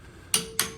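A torque wrench tightens the bearing cap bolts on a Dana 30 differential in a Jeep TJ to 60 foot-pounds during a Spartan Locker install. The wrench gives a sharp click at 0.3 seconds, followed by a second similar click at 0.6 seconds, with a faint ringing tone between and after them. The wrench clicks at its 60 foot-pound setting.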